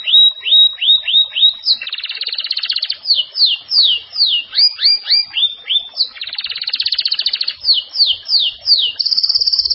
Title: Canario Belga